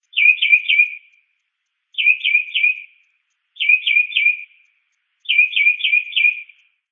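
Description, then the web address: Northern mockingbird phrases: three or four buzzy, slurred high notes run together, the phrase repeated four times with short pauses between. "SFXSource. Mocking Bird Call 8"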